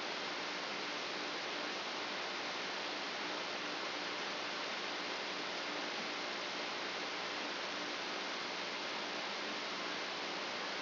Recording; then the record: brain microelectrode recording played as sound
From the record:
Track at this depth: outside the subthalamic nucleus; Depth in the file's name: 8.428 mm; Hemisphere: left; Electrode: 2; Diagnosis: Parkinson's disease